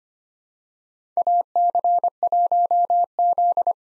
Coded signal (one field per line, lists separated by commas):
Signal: Morse code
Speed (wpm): 25 wpm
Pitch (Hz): 700 Hz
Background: none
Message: AC1Z